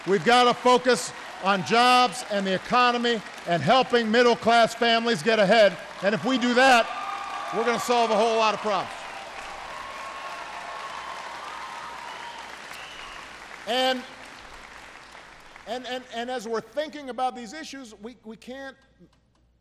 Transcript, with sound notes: We've got to focus on jobs and the economy, and helping middle-class families get ahead. And if we do that, we're going to solve a whole lot of problems. (Applause.)
And as we're thinking about these issues, we can't